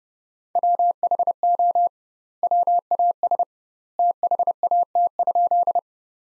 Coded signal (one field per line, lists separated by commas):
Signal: Morse code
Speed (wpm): 32 wpm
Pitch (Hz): 700 Hz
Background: none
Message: WHO WAS THAT?